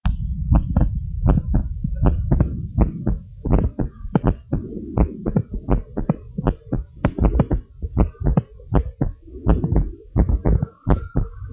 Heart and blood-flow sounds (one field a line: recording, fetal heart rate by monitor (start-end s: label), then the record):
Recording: heart sounds of a pregnant woman by stethoscope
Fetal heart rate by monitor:
no fetal heartbeat
From the record:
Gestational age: 38 weeks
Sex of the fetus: boy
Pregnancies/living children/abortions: 2/0/1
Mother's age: 28 years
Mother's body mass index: 33.5